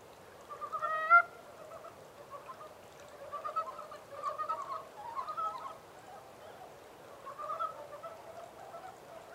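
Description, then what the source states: Montane brown frog calls: a loud pulsed croak early, then softer chuckling bouts of rapid notes. 14 April 2010.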